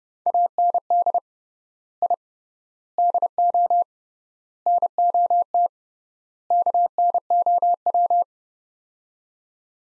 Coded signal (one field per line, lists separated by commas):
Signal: Morse code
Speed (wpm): 30 wpm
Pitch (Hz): 700 Hz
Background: none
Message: AND I DO NOT KNOW